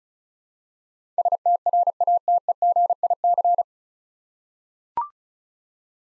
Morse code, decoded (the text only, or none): STRATEGIC